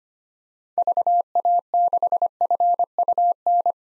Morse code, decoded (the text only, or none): VA6FUN